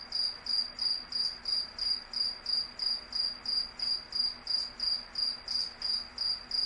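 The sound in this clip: Cricket giving bright, even chirps roughly three times per second, each a brief shrill pulse, keeping a regular beat throughout against a soft background hum.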